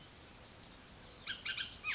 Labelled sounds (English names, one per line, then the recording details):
Bullock's Oriole
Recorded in Sonoma County, California